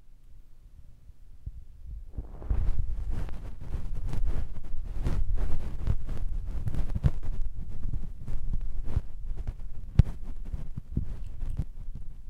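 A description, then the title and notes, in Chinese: In-ear massage on the left side: a low, quiet hum for the first two seconds, then dense rubbing and scratching begins. Muffled thumps and crackly clicks come rapidly and irregularly, staying fairly steady in loudness until the end. 耳內按摩 ( 左 )。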